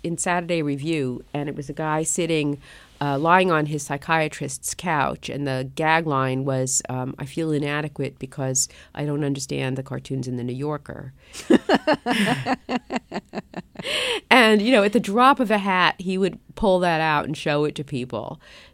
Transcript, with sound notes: It was in Saturday Review, and it was a guy sitting, lying on his psychiatrist's couch and the gag line was I feel inadequate because I don't understand the cartoons in the New Yorker.
(Laughter).
And, you know, at the drop of a hat, he would pull that out and show it to people.